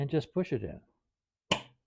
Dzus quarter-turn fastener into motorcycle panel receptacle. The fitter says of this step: like so and it snaps into place